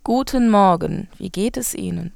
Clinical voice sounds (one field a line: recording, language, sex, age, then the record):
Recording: spoken sentence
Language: German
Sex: female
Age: 20 to 29 years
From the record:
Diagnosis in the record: recurrent laryngeal nerve paralysis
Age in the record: 27 years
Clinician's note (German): Rechts, bei laufender logopädischer Therapie, mit beginnender phonatorischer Kompensation Erste Aufnahme nach 3. Therapie, OP